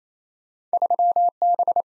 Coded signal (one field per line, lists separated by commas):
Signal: Morse code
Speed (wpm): 38 wpm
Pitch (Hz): 700 Hz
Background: none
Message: 3B